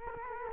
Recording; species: mosquito wingbeat signal from an infrared sensor; Culex quinquefasciatus